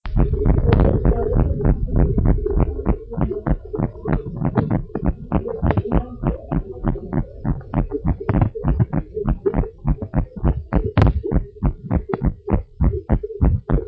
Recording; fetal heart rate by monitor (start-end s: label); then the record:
heart sounds of a pregnant woman by stethoscope
no fetal heartbeat
From the record:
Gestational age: 35 weeks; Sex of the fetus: girl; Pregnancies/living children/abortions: 2/1/0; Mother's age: 29 years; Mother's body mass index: 25.2